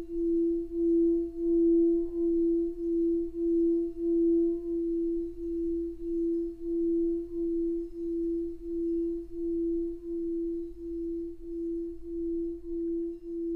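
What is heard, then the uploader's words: A Tibetan singing bowl hums one steady mid-pitched tone, swelling and dipping in a regular pulse about twice a second as it is rubbed around the rim. Faint higher overtones ring above it, with a soft low rumble underneath throughout. Singing Bowl Sound Bath. Tibetan Singing Bowl Sound Healing.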